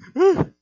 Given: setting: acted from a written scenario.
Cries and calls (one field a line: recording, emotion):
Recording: vocal sound without words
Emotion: fear